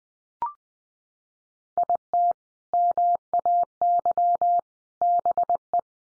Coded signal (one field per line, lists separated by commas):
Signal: Morse code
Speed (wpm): 20 wpm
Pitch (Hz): 700 Hz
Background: none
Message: IT MAY BE